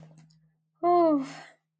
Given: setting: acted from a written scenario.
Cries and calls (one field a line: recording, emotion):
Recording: vocal sound without words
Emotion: relief